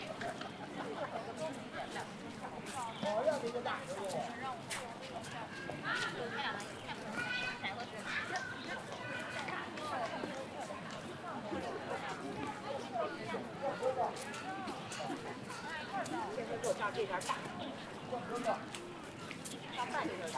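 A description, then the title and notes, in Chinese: Ditan in Beijing, with a steady murmur of many people talking at once, voices overlapping into a dense, even crowd chatter. Sharp little clicks and taps break through now and then, with a slightly louder burst around three seconds in. 城市声音。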